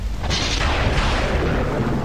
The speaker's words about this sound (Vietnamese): Một tiếng sét đinh tai vừa vang lên.